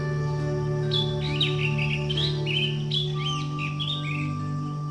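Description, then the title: Bird chirps in quick, jumbled high notes through most of the stretch, over a steady low hum. "SuaraBurung Kicau"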